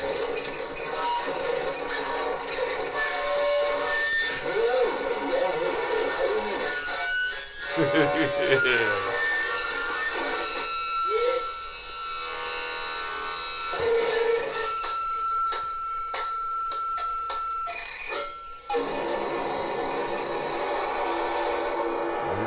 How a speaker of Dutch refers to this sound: Ja, hij zit nu met een plastic zak over een telefoonmicrofoon in te schreeuwen en in te uithalen.